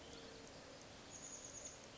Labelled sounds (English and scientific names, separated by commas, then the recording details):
Chestnut-backed Chickadee (Poecile rufescens)
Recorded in Sonoma County, California